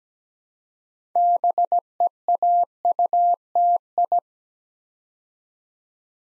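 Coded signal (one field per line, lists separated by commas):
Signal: Morse code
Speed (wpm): 17 wpm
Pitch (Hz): 700 Hz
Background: none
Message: BEAUTI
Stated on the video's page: Morse practice drill at 17 wpm building 9-letter words three letters at a time, for instant character recognition.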